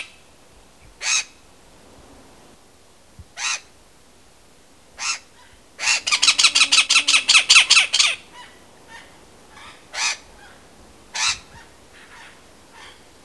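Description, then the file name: Great spotted cuckoo giving harsh, scratchy single calls spaced a few seconds apart, with a fast grating rattle of many notes in the middle. "Cuculo Dal Ciuffo"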